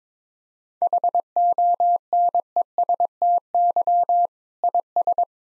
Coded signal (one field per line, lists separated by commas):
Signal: Morse code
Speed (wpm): 22 wpm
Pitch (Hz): 700 Hz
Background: none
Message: HONESTY IS